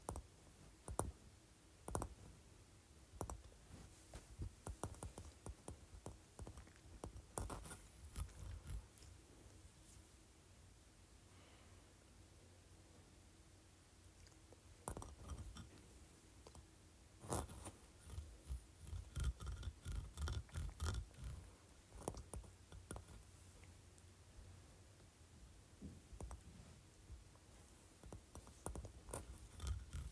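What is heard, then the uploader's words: A large textured sea shell is handled in irregular bursts of dry scraping and clicking, with sharp taps near 2, 15 and 17 seconds and quieter gaps between. ASMR Large Textured Sea Shell.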